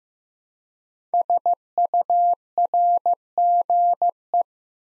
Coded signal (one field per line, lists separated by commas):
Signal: Morse code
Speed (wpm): 15 wpm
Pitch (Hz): 700 Hz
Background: none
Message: SURGE